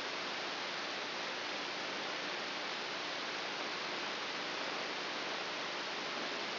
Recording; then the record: brain microelectrode recording played as sound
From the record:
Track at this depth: inside the subthalamic nucleus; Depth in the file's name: 4.201 mm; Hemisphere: right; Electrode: 3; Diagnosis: Parkinson's disease